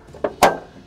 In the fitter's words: until it clicks and